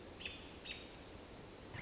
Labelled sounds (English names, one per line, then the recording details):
American Robin
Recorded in Sonoma County, California